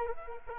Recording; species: mosquito wingbeat signal from an infrared sensor; Culex quinquefasciatus